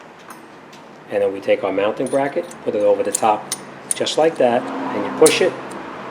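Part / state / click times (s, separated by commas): metal brake pad hardware clip into caliper mounting bracket / not seated / none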